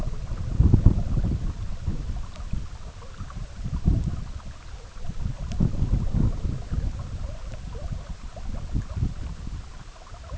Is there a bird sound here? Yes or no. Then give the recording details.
no. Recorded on Arctic tundra, site EABA-MC, on 17 June 2019. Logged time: 04:00